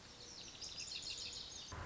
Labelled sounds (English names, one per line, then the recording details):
Lazuli Bunting
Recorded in Sonoma County, California